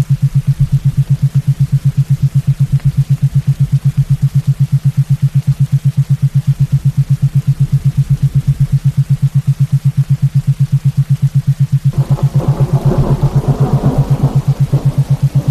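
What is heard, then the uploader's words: A steady low tone pulses rapidly and evenly, about eight beats each second, over a faint, soft hiss of gentle rainfall. From around twelve seconds a distant rumble of subtle thunder swells up beneath it and lingers to the end. Featuring the soothing and meditative properties of 8 Hz alpha brain waves, gentle rainfall, and subtle thunder.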